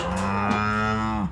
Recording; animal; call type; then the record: contact call of a hoofed animal; cattle; low-frequency (closed-mouth) or high-frequency (open-mouth) call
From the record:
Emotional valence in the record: negative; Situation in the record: full separation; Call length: 1.32 s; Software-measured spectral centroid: 1900 Hz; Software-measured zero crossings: 1770 a second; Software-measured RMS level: -24 dBFS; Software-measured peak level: -8 dBFS